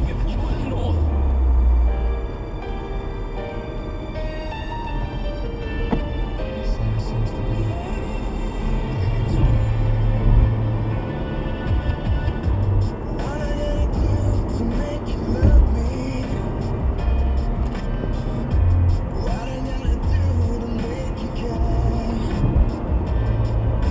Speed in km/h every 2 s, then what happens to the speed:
77, 76, 61, 77, 82, 79, 84, 87, 82, 82, 82, 82.
0-5 slows to 61. 5-8 speeds up to 82. 8-24 steady at about 82.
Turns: none.